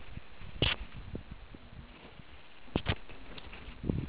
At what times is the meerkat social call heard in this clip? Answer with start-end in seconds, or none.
none